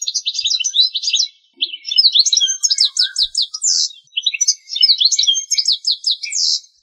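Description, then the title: Bird singing in long, bright, rapid trilled phrases of chattering high notes, separated by short gaps. "LuckyPassaros CompletosSama"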